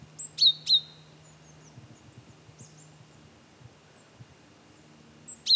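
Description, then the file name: Great tit giving one sharp doubled high note, then a pause with faint chips and a low hum, then a single note at the end. "Parus major"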